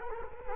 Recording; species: mosquito wingbeat signal from an infrared sensor; Culex quinquefasciatus